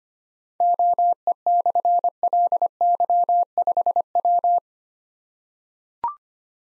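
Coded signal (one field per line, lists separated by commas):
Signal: Morse code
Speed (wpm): 25 wpm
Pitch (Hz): 700 Hz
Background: none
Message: OE/LY5W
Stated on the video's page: Practice drill of difficult slashed call signs at 25 wpm; each call is sent in Morse, spoken, then sent again.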